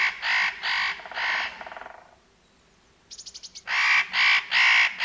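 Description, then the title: Northern nutcracker calling in a series of harsh, grating notes, then a pause before the rasping series resumes. "Viikon luontoääni: Pähkinähakki"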